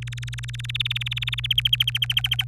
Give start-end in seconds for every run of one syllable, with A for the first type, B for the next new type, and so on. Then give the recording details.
0.02-1.47 A, 1.50-2.44 B. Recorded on 25 April 2018 at 14:51. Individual llb3